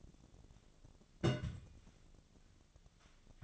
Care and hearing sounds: daily activity, microphone in the room; place on stove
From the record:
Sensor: 4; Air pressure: 1000.8 hPa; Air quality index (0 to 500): 123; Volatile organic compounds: 1 ppm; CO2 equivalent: 926 ppm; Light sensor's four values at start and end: 44/107/45/50 and 43/106/45/49

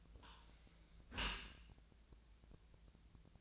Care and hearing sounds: daily activity, microphone in the room; close dishwasher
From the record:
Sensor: 2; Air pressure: 1000.3 hPa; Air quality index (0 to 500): 165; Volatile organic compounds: 3 ppm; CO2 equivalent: 1372 ppm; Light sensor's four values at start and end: 12/32/12/14 and 12/32/12/14

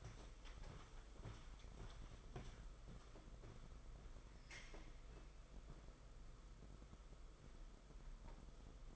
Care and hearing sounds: daily activity, microphone in the room; walk to room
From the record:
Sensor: 5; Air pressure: 991.3 hPa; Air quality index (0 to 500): 92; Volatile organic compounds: 12 ppm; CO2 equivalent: 2330 ppm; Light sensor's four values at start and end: 33/108/41/43 and 36/118/44/47

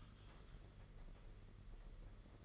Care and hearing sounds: daily activity, microphone in the room; typing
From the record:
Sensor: 4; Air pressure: 992.6 hPa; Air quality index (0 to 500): 137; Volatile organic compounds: 62 ppm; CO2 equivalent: 3435 ppm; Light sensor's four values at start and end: 19/66/24/25 and 19/66/24/25

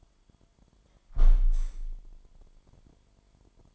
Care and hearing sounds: daily activity, microphone in the room; close window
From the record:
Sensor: 5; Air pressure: 998.8 hPa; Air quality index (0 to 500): 99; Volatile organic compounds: 2 ppm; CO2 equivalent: 1139 ppm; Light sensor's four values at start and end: 32/78/32/36 and 32/78/32/36

